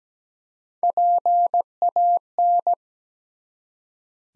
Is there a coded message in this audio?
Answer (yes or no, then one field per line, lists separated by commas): yes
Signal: Morse code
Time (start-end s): 0.8-2.7 s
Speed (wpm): 17 wpm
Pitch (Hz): 700 Hz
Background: none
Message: PAN